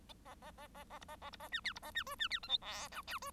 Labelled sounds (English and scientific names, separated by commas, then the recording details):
Bengalese Finch (Lonchura striata domestica) song
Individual Bird1